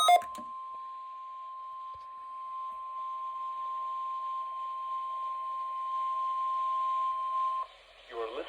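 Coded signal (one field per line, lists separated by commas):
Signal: Emergency Alert System (SAME) tones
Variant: 1050 Hz attention tone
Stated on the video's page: National Weather Service Required Weekly Test.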